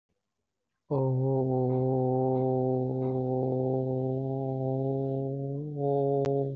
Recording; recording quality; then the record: sustained vowel as in boot; excellent, no background noise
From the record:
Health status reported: COVID-19 positive, mild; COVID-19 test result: positive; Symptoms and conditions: cough, sore throat, fever, pneumonia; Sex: male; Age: 32 years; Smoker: not ticked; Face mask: not worn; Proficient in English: yes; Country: India